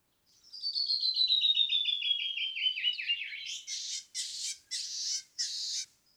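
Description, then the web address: Canyon wren song, a long cascade of whistled notes falling in pitch, followed by four harsh buzzy calls. "birdsongforthecurious songs Canyon wren"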